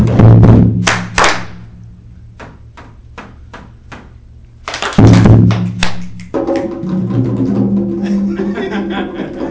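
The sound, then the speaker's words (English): Hand claps and finger snaps in a rhythm: a few heavy, loud claps, then evenly spaced light, crisp snaps, then another loud burst of clapping before a sustained tonal hum. “Clap, snap, roll.”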